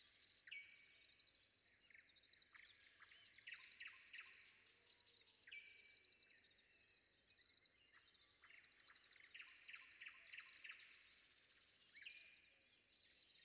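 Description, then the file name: Common nightingale song: clear drawn-out whistles alternating with bursts of rapid clicking and churring notes, over a continuous high hum and background birdsong. Recorded before dawn. "predawn nightingale"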